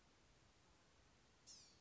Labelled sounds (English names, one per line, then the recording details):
Blue-gray Gnatcatcher
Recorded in Sonoma County, California